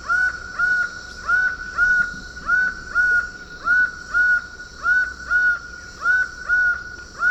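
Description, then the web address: Laughing falcon giving a steady series of loud, hollow, level notes in evenly spaced pairs, keeping a constant rhythm throughout. Eastern lowlands of South America. "Natures Songs S America Eastern Lowlands. Laughing Falcon"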